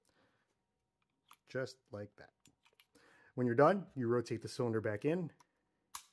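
A loaded swing-out cylinder of a Taurus 856 revolver is rotated back into the steel frame while someone talks, with a few faint clicks in between. One sharp click at 5.9 s marks the cylinder latching and locking into place.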